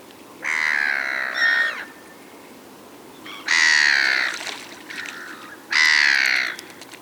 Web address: Black Headed